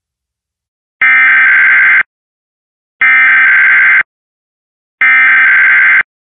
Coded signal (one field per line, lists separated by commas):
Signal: Emergency Alert System (SAME) tones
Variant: header bursts